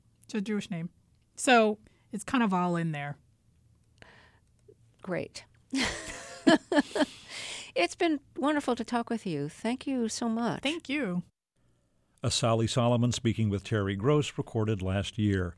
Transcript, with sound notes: It's a Jewish name. So it's kind of all in there.
Great.
(LAUGHTER)
It's been wonderful to talk with you. Thank you so much.
Thank you.
Asali Solomon speaking with Terry Gross - recorded last year.